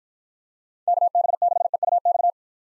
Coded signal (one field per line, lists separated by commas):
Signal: Morse code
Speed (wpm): 53 wpm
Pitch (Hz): 700 Hz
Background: none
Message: KB6EUX